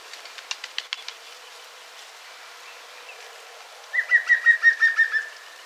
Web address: green woodpecker call